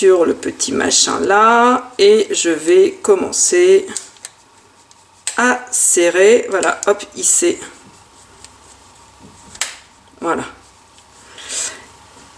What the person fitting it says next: Il y a eu un petit clic. Voilà, l'embout est installé.